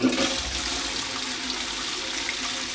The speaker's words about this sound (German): Aber das ist doch ganz einfach. Das ist die Wasserspülung einer Tui.